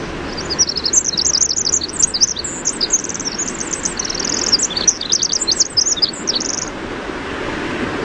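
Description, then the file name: Winter wren song, a long rapid cascade of high tinkling trills and warbles lasting about six seconds over a steady rushing background. "WIWR song"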